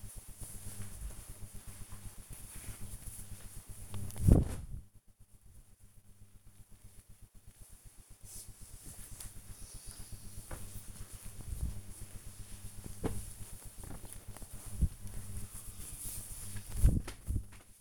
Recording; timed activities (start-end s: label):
household activities, microphone on the right wrist
1.86-17.81 s: folding laundry